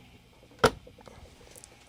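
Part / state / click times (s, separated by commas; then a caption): replacement stem cartridge into PEX manifold port / seated / 0.6 s. A new keyed plumbing stem cartridge is pushed by hand into a PEX manifold port. It snaps in with one sharp, loud click at 0.6 s, followed by a few faint ticks. The cartridge is seated.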